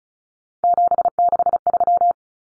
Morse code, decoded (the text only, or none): 763